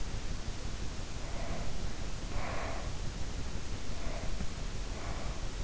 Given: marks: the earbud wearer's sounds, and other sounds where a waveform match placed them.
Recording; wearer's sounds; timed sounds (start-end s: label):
sounds in sleep by an in-ear microphone; breath
1.02-3.32 s: breath
3.73-5.54 s: breath